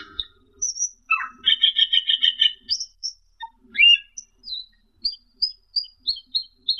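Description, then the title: Asian glossy starling singing a rapid buzzy trill, then a series of clear high whistled notes repeated about three times a second. "Suara Burung Cucak keling"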